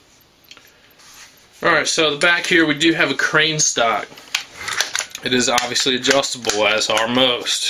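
Someone talks about the adjustable crane stock on an ECHO1 AR57 rifle while handling it on the buffer tube, with a few short, sharp handling knocks around 4.4–5.0 s. The stock's latch has not clicked into a detent position yet, and nothing has seated.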